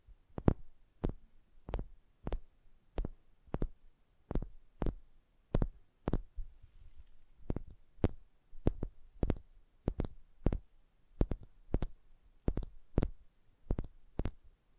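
Sensitive tapping: sharp, bright taps landing at a steady, fairly quick pace, sometimes doubled, with a faint low hum between them.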